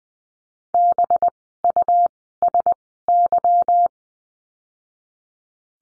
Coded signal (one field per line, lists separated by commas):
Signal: Morse code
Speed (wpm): 20 wpm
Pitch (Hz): 700 Hz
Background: none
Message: BUSY